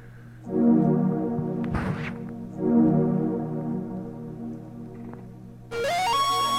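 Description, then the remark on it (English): A melodic electronic groove played with strings, with sustained droning tones and swelling chords, a sharp noisy hit in the middle, and a bright rising synth line entering near the end. “That's a dope fucking melodic groove right there.”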